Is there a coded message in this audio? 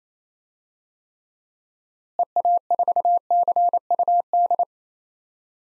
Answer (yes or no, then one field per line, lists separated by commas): yes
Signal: Morse code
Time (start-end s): 2.2-4.6 s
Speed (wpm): 28 wpm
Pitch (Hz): 700 Hz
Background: none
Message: EA4CUD